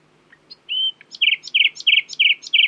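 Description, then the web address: Common nightingale song: a few soft notes and a sustained whistle, then five loud repeated buzzy chirping phrases in an even rhythm. "owen Common Nightingale (Luscinia megarhynchos)"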